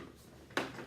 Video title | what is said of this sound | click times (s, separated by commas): Barb Butler Tupperware | and then there's this piece that clicks into place and then | 0.6 s